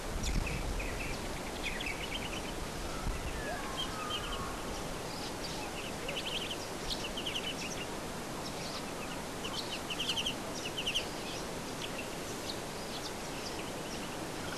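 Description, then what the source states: Little woodswallow calls: short buzzy notes in quick bursts, repeated irregularly over a steady hiss of background noise. Recorded at Adavale.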